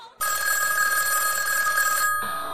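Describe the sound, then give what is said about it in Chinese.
A telephone rings late at night with a steady, bright electronic trill, sounding continuously for about two seconds before briefly cutting off and starting again. No one speaks. “哎，我去外屋接电话，你先睡吧啊。”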